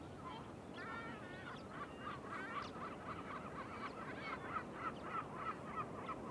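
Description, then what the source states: Several Mongolian Gulls give nasal, wavering calls, then one bird repeats a clear yelping note about every third of a second, with a low constant background rumble. Gulls calling at Shahe Reservoir, 14 March 2021, 09:44.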